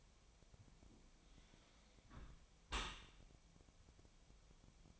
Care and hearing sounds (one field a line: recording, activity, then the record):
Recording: daily activity, microphone in the room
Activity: close dishwasher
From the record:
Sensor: 1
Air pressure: 1006.8 hPa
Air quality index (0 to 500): 208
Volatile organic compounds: 24 ppm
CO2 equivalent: 2810 ppm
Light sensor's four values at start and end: 13/32/13/14 and 12/32/13/14